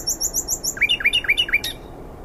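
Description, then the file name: Common nightingale singing a quick series of high sharp notes, followed by several repeated slurred notes dropping in pitch, ending in a crisp click. "Luscinia megarhynchos"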